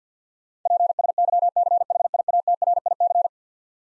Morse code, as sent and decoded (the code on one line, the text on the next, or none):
.--. ... -.-- -.-. .... .. .- - .-. .. -.-.
PSYCHIATRIC